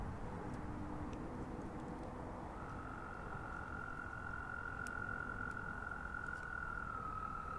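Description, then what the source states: American toad giving a long, steady, high musical trill that sustains for several seconds, over a constant low rumble like traffic. Toads singing in spring at an ephemeral wetland, calling in mates.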